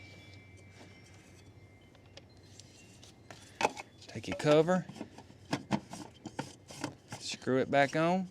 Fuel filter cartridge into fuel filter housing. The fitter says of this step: push it down there till it snaps